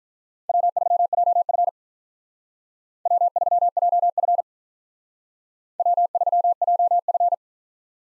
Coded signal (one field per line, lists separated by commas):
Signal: Morse code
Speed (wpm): 43 wpm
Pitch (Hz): 700 Hz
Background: none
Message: W3JF W3JF W3JF